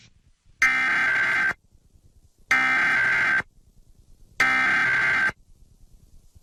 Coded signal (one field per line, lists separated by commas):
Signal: Emergency Alert System (SAME) tones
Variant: header bursts